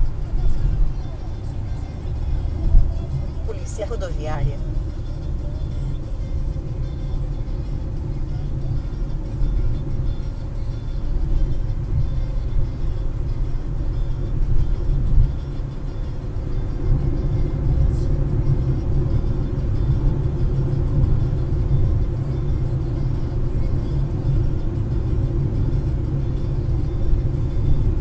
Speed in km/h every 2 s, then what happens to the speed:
86, 83, 83, 84, 89, 94, 98, 103, 107, 109, 107, 105, 102, 98.
0-6 steady at about 83. 6-17 speeds up to 109. 17-28 slows to 98.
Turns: none.